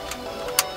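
A wiring connector is pushed into the back of the old radio trim panel during a BMW F30 LCI radio trim upgrade, with music playing underneath. A sharp click at 0.6 s marks the connector seating, and a softer knock follows at 0.85 s.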